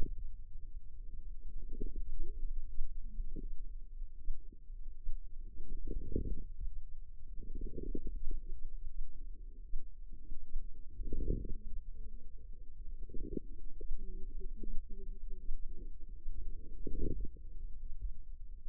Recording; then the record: forearm muscle sounds (acoustic myography)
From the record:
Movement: wrist flexion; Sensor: system 2, bracelet of six BSWA MPA416 microphones around the upper forearm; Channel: 1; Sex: female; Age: 25 years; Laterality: right